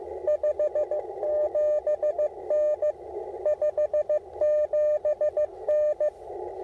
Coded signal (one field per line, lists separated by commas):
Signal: Morse code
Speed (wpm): 16 wpm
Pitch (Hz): 600 Hz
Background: radio noise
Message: 57N 57N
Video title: Real-time CW POTA activation of Elk Knob State Park with the Icom IC-705 transceiver